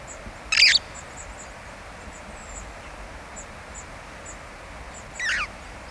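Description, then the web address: Red-fronted parrot with two harsh, grating screeches about four and a half seconds apart, against a steady hiss and faint high chirping. "parrots poicephalus-gulielmi"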